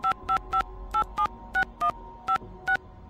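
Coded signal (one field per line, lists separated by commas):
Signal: DTMF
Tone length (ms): 100 ms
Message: 555876156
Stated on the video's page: DTMF tones from a point-and-click adventure game.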